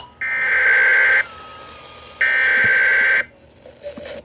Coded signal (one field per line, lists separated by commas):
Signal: Emergency Alert System (SAME) tones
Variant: header bursts